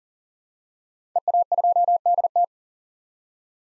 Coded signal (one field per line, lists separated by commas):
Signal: Morse code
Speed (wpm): 40 wpm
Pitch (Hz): 700 Hz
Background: none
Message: EA2DT